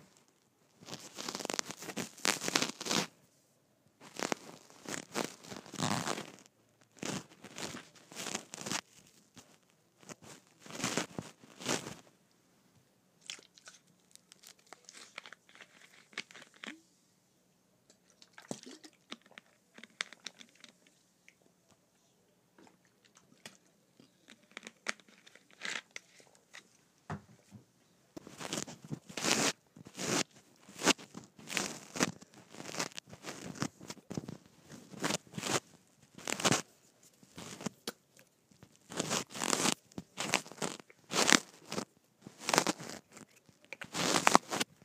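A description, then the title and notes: Fabric rustling against a microphone clipped to a shirt, in bursts of crinkly, scratchy brushing that come and go every second or two. A quieter stretch in the middle, from about 13 to 27 seconds, holds softer rubbing and a low hum before the dense scraping returns. ASMR Microphone on Shirt.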